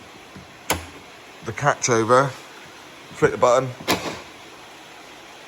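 The catch of a T6 tailgate lock mechanism, fitted to a converted T5 van, is pushed over by hand and gives a single sharp click at 0.7 s as it latches over. Someone talks afterwards, and the lock catch is heard to work.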